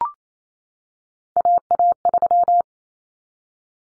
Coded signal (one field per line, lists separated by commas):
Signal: Morse code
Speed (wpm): 28 wpm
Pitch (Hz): 700 Hz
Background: none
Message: AA3